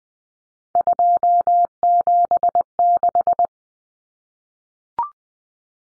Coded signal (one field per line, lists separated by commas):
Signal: Morse code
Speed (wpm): 20 wpm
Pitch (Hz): 700 Hz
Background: none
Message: 276